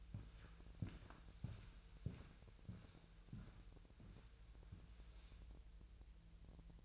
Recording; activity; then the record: daily activity, microphone in the room; walk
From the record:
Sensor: 2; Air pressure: 1001.9 hPa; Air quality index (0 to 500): 229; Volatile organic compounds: 57 ppm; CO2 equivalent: 3382 ppm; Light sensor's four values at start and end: 7/16/6/7 and 6/16/6/7